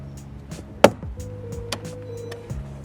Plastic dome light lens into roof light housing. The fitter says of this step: and then once those are in place just apply a little bit of pressure on the front tabs until they snap into place